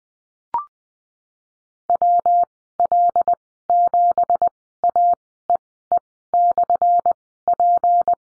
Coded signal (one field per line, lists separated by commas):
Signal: Morse code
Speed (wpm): 20 wpm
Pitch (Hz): 700 Hz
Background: none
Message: WL7AEE/P